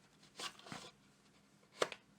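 A Morakniv Garberg fixed-blade knife is pushed for the third time into its molded, form-fitted leather sheath, with a soft sliding rustle around 0.4–0.9 s. A sharp click at 1.8 s, followed by a smaller tick just after, marks the knife snapping into place. The knife is seated and held firmly in the sheath.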